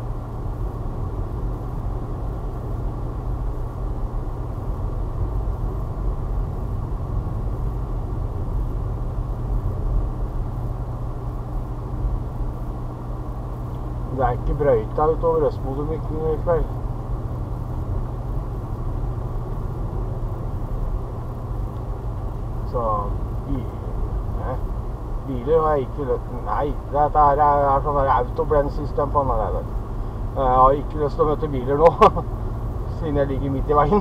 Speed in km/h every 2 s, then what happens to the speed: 41, 42, 42, 41, 42, 42, 42, 42, 43, 42, 42, 40, 40, 39, 39, 40, 40.
0-34 steady at about 42.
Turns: none.